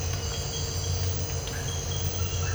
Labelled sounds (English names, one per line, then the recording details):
none
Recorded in dense forest near Puerto Asís, Putumayo, Colombia, on 19 March 2025 at 03:30
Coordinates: 0.468, -76.322
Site GP01